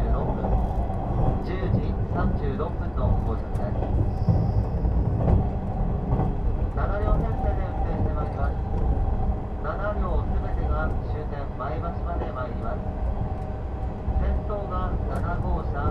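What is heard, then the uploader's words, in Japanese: Inside an express train: a steady low rumble and hum of the moving carriage fill the whole clip at an even level. Passengers' voices murmur on and off, and a brief thin high tone sounds around the fourth second. 特急あかぎ5号の車内音（185系）。上野駅出発後に最前部で集音。2013年5月に録音。特急「あかぎ」の車内音。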